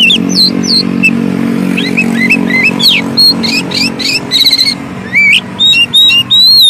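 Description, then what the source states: Oriental magpie-robin song, a varied run of rising and falling whistles, trills and sharp buzzy notes, over a steady low hum. Long-duration filler song (isian) for training kept birds to sing actively day and night.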